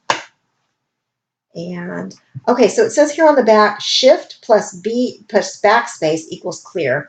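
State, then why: Seated. The plastic back cover of a Brother P-touch label maker is closed over the tape compartment and shuts with a loud, sharp snap at 0.1 s. After a brief silence, someone talks for the rest of the clip.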